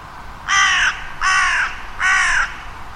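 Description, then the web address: Bird calls: three loud, hoarse caws spaced under a second apart, over steady background noise. "Deverinetal 2025 File origin Bird Only"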